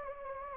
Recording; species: mosquito wingbeat signal from an infrared sensor; Anopheles gambiae